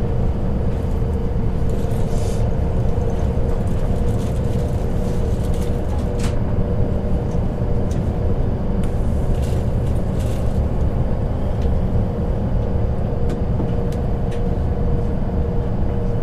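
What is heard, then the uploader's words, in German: A night train ride: a steady, dense low rumble runs the whole way through, with a faint hum held at one pitch above it. Short clicks and light rattles break in every few seconds, a little more often in the middle and near the end. Zugfahrt in der Nacht.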